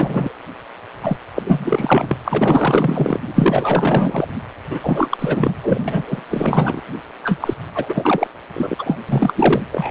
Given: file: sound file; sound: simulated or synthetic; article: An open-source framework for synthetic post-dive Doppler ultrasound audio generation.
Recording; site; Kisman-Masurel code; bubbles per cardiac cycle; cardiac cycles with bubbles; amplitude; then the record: Doppler ultrasound audio after a dive; precordial; 444; continuous sound; 100%; maximal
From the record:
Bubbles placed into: full cardiac cycles